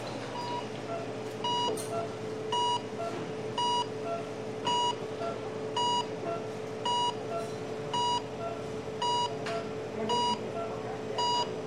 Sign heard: Hospital Ventilator Running.